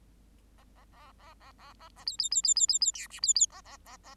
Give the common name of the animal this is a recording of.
Bengalese Finch